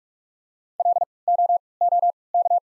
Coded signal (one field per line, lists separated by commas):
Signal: Morse code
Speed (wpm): 43 wpm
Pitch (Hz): 700 Hz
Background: none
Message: LOOK